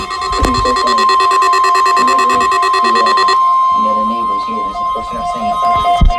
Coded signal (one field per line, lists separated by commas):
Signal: Emergency Alert System (SAME) tones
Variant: 1050 Hz attention tone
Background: speech, music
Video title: Last Required Weekly Test Of 2023! EAS #73